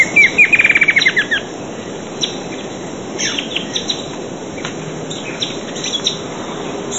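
Bird calling: a fast burst of rapid, slightly descending notes in the first second, then scattered faint chirps over steady background hiss.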